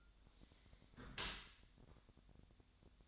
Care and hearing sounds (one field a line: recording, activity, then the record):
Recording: daily activity, microphone in the room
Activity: close dishwasher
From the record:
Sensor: 3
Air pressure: 1006.6 hPa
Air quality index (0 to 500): 208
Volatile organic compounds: 19 ppm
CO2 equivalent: 2650 ppm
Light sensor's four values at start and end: 11/25/10/10 and 11/25/10/10